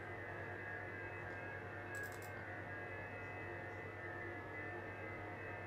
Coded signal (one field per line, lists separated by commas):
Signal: FT8